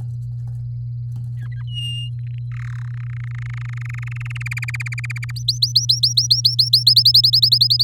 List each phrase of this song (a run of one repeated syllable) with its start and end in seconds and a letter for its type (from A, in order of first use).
1.37-1.62 A, 1.68-2.09 B, 2.19-2.38 C, 2.51-2.83 D, 2.84-4.43 E, 4.46-5.31 F, 5.36-6.83 G, 6.86-7.83 H